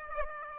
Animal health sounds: mosquito wingbeat signal from an infrared sensor; Aedes aegypti

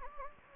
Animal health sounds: mosquito wingbeat signal from an infrared sensor; Anopheles gambiae

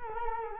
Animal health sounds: mosquito wingbeat signal from an infrared sensor; Culex quinquefasciatus

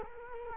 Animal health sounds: mosquito wingbeat signal from an infrared sensor; Culex quinquefasciatus

